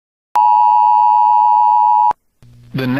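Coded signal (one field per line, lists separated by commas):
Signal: Emergency Alert System (SAME) tones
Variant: 853 and 960 Hz attention tone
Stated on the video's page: Valid severe thunderstorm EAS tones captured from weather radio WXK26 and FM stations for Mirando City, Oilton and Laredo, Texas.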